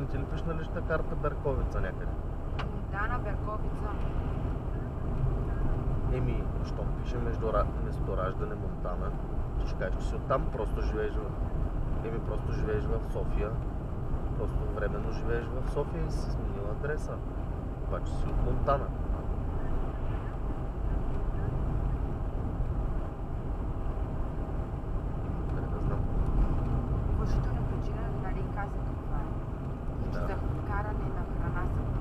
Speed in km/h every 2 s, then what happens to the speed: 48, 47, 47, 48, 45, 44, 43, 45, 46, 46, 46, 46, 46, 47, 48, 48.
0-32 steady at about 46.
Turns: 24-32.